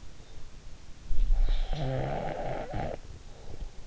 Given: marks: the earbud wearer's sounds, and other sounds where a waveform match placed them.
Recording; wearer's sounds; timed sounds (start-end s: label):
sounds in sleep by an in-ear microphone; snoring breath
0.97-3.79 s: snoring breath